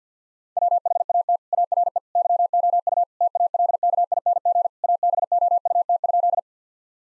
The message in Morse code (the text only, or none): WHAT ARE YOU TALKING ABOUT?